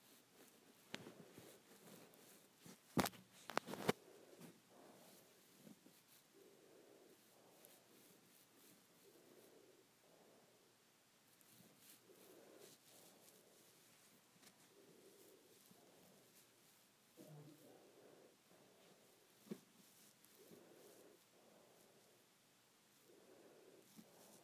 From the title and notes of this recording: ASMR Hair Play.